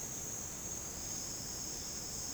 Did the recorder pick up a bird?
no